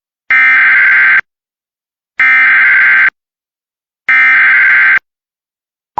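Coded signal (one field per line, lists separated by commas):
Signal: Emergency Alert System (SAME) tones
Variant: header bursts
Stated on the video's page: Flash Flood Warning for Wake County, North Carolina, received on Spectrum TV cable.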